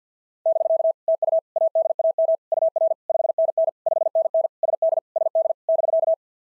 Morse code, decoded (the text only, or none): <BK> TU ADAM UR 5NN 5NN SD SD <BK>